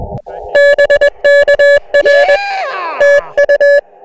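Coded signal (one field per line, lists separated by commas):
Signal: Morse code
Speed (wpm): 21 wpm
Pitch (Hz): 570 Hz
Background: none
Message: BKR TU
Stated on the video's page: Summits On The Air activations on two summits.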